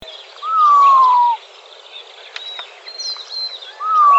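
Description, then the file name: Montezuma quail with a drawn-out downward-sliding whistle, then a second one beginning at the end, separated by scattered chips and chirps of other birds. Recorded in Arizona on 17 May 2004. "MONTEQUAIL 1 deviche"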